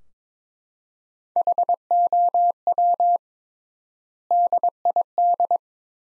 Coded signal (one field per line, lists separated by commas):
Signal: Morse code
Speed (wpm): 21 wpm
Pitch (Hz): 700 Hz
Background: none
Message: HOW DID